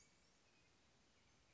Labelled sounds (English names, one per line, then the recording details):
Western Flycatcher
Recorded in Sonoma County, California